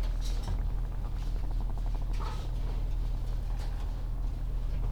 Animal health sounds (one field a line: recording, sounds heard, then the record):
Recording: poultry house recording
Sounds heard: sick chickens (respiratory disease)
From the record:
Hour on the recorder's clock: 16